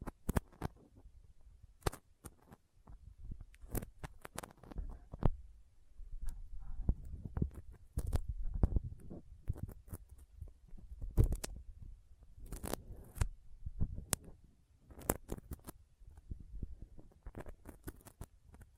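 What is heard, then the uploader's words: Sticky fingers press and peel apart in a dry sequence of small tacky clicks and pops, irregular and sometimes bunched into quick clusters. Soft low rubbing and fleshy squelches fill the gaps, with sharper snaps standing out around two, five, eleven and fourteen seconds. ASMR Intense Sticky Finger Sounds (No Talking).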